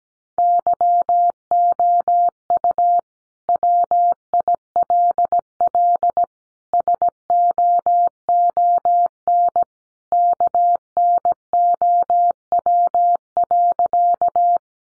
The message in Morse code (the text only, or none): YOU WILL SOON KNOW.